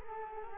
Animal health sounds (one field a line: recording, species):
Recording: mosquito wingbeat signal from an infrared sensor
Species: Culex quinquefasciatus